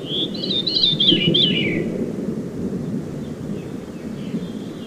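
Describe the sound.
Veery singing a single breezy, downward-spiralling phrase of rolling notes, followed by quiet, with steady low background noise.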